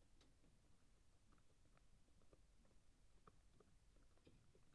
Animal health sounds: poultry house recording; no chicken sound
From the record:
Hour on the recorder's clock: 22

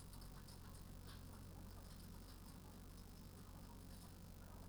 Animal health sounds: poultry house recording; healthy chickens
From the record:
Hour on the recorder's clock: 18

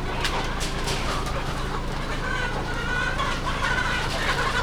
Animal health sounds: poultry house recording; healthy chickens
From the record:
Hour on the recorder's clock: 1

